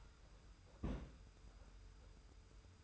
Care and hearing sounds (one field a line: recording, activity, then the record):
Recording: daily activity, microphone in the room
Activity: place on stove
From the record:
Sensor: 2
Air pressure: 991.0 hPa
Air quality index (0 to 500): 111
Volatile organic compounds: 52 ppm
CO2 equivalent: 3321 ppm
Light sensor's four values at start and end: 34/102/40/38 and 34/102/40/38